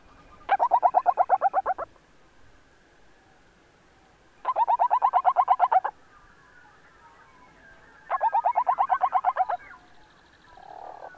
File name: Upland Sandpiper